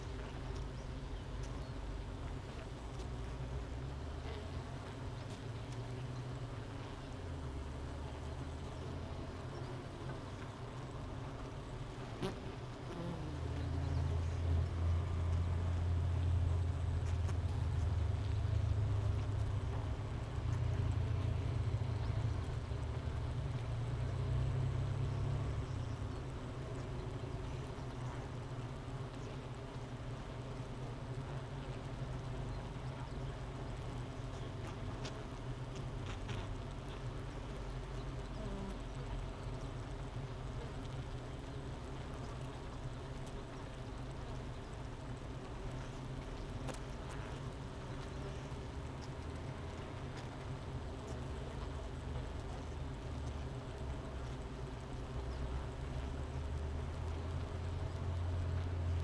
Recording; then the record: honeybee colony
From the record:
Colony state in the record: missing queen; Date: 31 May 2018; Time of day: 9:40